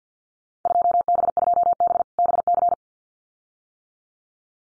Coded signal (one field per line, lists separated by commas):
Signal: Morse code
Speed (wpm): 50 wpm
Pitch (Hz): 700 Hz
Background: none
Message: 2B2B BC